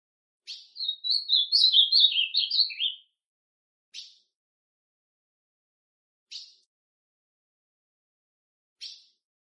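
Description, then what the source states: Ultramarine grosbeak song: a rich warbling phrase of about two and a half seconds, followed by three short sharp call notes spaced a couple of seconds apart. Classic song style.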